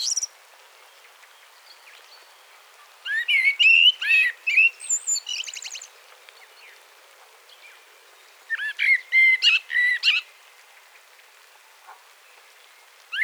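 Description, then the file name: Common blackbird song in two phrases: melodious, slurred whistles climbing into a scratchy, high-pitched twitter, with pauses of several seconds between them. "Turdus merula"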